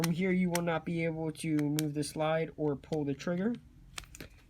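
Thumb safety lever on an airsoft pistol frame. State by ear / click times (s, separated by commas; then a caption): released / 4.0 s, 4.2 s. Someone talks, then the thumb safety lever on the frame of an airsoft hi-capa pistol is flicked out of its engaged position. Sharp clicks are heard at about 4.0 s and 4.2 s, and the safety is released.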